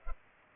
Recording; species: mosquito wingbeat signal from an infrared sensor; Culex pipiens